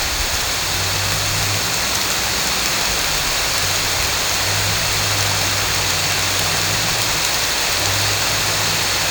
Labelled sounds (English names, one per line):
none